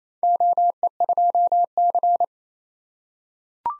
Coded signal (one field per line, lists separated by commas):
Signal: Morse code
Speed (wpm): 29 wpm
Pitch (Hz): 700 Hz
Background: none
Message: OE2C